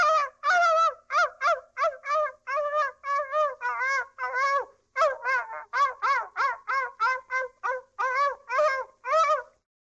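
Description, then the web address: Dog giving a fast series of sharp, high yapping barks, with no other sounds. "собаки"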